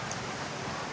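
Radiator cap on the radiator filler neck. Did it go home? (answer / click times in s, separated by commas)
no / none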